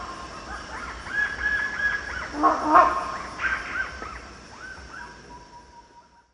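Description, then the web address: Rhinoceros hornbill utters a burst of coarse honks amid a busy chorus of looping whistles from other birds, fading toward the end. At Danum, 1 January 2008. "DANUM 20080101. rhinoceros hornbill"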